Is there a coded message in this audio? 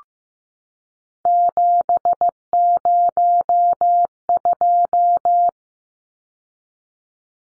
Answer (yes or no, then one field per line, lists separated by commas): yes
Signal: Morse code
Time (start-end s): 1.3-5.5 s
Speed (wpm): 15 wpm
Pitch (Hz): 700 Hz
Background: none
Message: 702